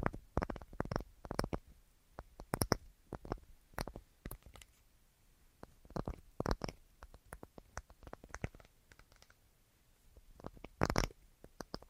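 An assortment of tapping: quick, sharp knocks arrive in irregular clusters, some in rapid bursts and others spaced apart with short quiet gaps, notably around four and nine seconds. A few hits ring brighter and louder, including a strong cluster near eleven seconds.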